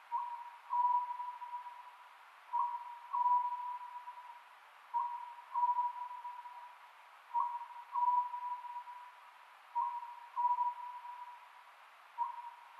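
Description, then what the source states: Oriental scops owl calls: two-part hooted phrases, a short note then a longer level one, repeating at an even pace of roughly twenty-five per minute, with faint background hiss. Recorded 27 May 2010 at 22:21.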